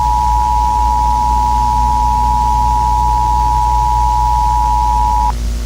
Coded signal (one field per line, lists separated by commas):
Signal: Emergency Alert System (SAME) tones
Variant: 853 and 960 Hz attention tone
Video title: A very Special VHS EAS Mock: nuclear bombs ￼ from Spain